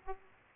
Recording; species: mosquito wingbeat signal from an infrared sensor; Aedes aegypti